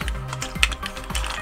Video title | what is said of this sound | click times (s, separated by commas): TRANSFORMERS ROBOTS IN DISGUISE 3 STEP CHANGERS POWER SURGE COMBINER FORCE OPTIMUS PRIME BUMBLEBEE | till it clicks | 0.6 s